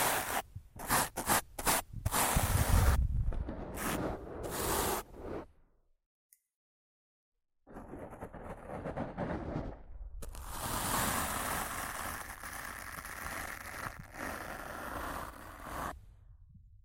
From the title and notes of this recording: ASMR Rough Mic Scratching & Brushing (No Talking).